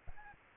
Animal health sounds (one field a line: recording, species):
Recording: mosquito wingbeat signal from an infrared sensor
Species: Aedes albopictus